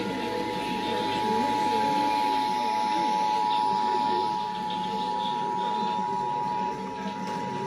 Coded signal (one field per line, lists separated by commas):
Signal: Emergency Alert System (SAME) tones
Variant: 853 and 960 Hz attention tone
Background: speech